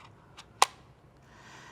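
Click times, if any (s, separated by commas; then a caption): 0.6 s. A small yellow plastic dosing lever on a dry powder inhaler is pushed down to the end of the purple arrows until it clicks into place, meaning the medicine is ready. A faint tick is heard at about 0.4 seconds, then a sharp, bright click at 0.6 seconds over quiet background hiss. The lever is seated.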